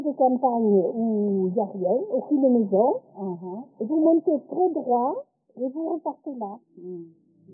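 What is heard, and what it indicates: Simulated womb sound: muffled, low-passed speech with its melody preserved, approximating what a baby hears in the womb before birth, where the heart, breathing and the parents' speech reach it as environmental sounds.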